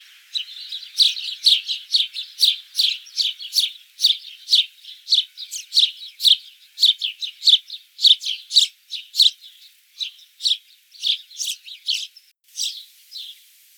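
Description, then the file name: House sparrow chirping: loud, insistent chirps repeated almost without a break, slightly uneven in rhythm. "Passer domesticus"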